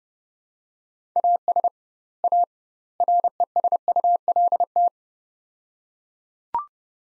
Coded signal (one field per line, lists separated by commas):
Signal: Morse code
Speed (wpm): 32 wpm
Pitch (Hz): 700 Hz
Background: none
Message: AS A RESULT